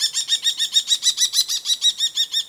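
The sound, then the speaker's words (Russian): A kestrel calls a rapid, steady string of shrill, high-pitched 'kee' notes, about fourteen in a couple of seconds, each evenly spaced and fairly loud, with no voices. “А вот пустельга.”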